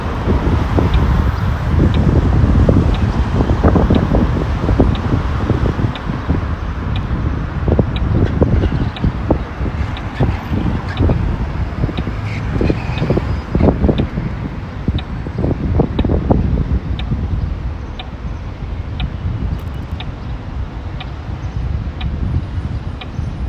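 Walking through Modiin, Israel, with a steady low rumble of traffic and wind buffeting the microphone. Dense, uneven low thumps run through the first two-thirds and ease off later. Faint, regular ticking clicks repeat about once a second throughout.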